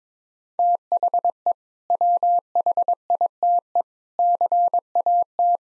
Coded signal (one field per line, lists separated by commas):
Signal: Morse code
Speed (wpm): 22 wpm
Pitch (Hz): 700 Hz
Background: none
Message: THE WHITE CAT